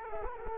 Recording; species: mosquito wingbeat signal from an infrared sensor; Culex quinquefasciatus